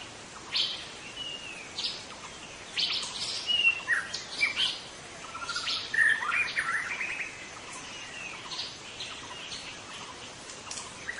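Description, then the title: White-rumped shama song, softer: warbled whistles and quick harsh notes in irregular bursts, fading into quieter chatter toward the end. In forest. "Suara burung murai batu hutan"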